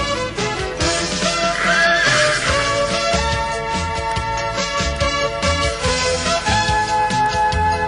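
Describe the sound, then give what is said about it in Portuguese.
A short, high wavering horse whinny rises and falls early on, sounding over loud, continuous band music with a steady beat. “O meu cavalito, clinchado e imponente, de caldo ao estado, ri-se contente daquele automóvel de 30 cavalos.”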